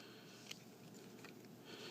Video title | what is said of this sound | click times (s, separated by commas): Mech Ideas DC-01/02 - Demolition Crue APEX and GEMINUS | and again snap it down | 0.5 s